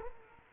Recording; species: mosquito wingbeat signal from an infrared sensor; Culex quinquefasciatus